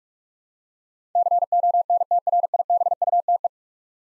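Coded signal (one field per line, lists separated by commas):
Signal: Morse code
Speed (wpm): 47 wpm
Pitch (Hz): 700 Hz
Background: none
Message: CONTRIBUTE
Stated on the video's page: Head-copy drill of ten-letter words at 45 wpm, each word sent in Morse, spoken, then sent again.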